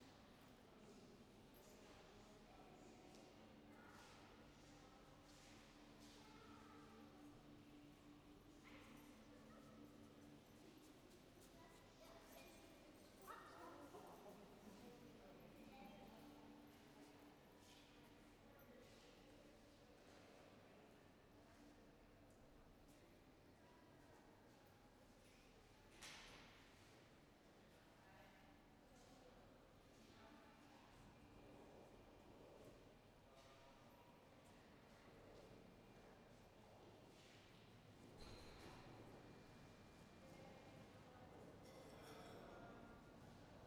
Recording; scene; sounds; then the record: everyday scene through a hearing-aid microphone; reverberant space; background noise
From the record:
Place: railway station hall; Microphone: behind the ear, right, front